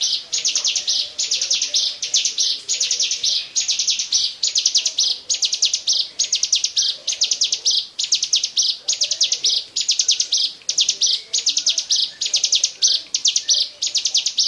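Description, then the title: Bar-winged prinia singing continuously, high buzzy chattering phrases of quick repeated notes, roughly one phrase per second. "Suara Burung Ciblek"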